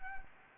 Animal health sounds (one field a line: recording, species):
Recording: mosquito wingbeat signal from an infrared sensor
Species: Anopheles gambiae